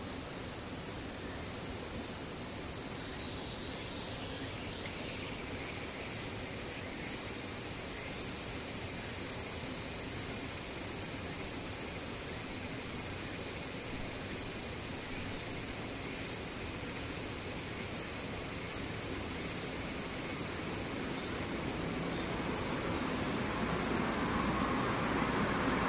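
Cicadas keep up a dense, unbroken droning hiss with a low rumble underneath, the whole sound swelling gradually louder toward the end.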